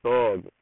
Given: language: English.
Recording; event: throat vibration sensor signal played as sound; speech